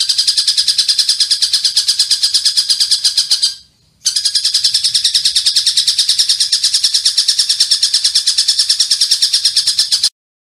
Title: Kicau Kacer